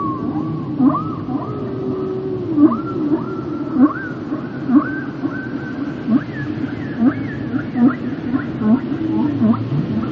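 Whale calls: a steady string of short tonal calls, with fainter higher tonal sweeps above and a constant low rumble underneath.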